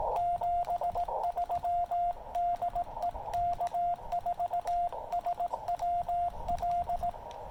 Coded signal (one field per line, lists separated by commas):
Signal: Morse code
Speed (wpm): 17 wpm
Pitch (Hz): 700 Hz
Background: radio noise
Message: 73 DE K4SWL